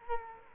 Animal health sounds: mosquito wingbeat signal from an infrared sensor; Culex quinquefasciatus

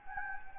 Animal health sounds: mosquito wingbeat signal from an infrared sensor; Anopheles gambiae

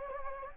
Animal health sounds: mosquito wingbeat signal from an infrared sensor; Anopheles gambiae

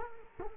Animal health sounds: mosquito wingbeat signal from an infrared sensor; Culex quinquefasciatus

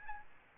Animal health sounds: mosquito wingbeat signal from an infrared sensor; Aedes albopictus

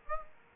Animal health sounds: mosquito wingbeat signal from an infrared sensor; Aedes aegypti

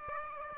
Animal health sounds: mosquito wingbeat signal from an infrared sensor; Aedes aegypti

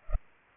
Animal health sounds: mosquito wingbeat signal from an infrared sensor; Culex pipiens

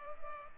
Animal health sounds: mosquito wingbeat signal from an infrared sensor; Culex pipiens

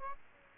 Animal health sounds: mosquito wingbeat signal from an infrared sensor; Aedes aegypti

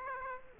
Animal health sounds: mosquito wingbeat signal from an infrared sensor; Aedes aegypti

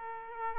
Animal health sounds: mosquito wingbeat signal from an infrared sensor; Aedes aegypti

